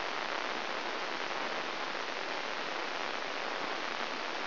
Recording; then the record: brain microelectrode recording played as sound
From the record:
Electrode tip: inside the subthalamic nucleus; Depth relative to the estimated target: 0 mm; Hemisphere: left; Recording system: AlphaMap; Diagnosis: Parkinson's disease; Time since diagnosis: 20 years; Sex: female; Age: 65 years